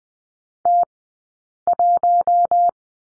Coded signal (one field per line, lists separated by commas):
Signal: Morse code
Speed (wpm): 20 wpm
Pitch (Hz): 700 Hz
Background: none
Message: T1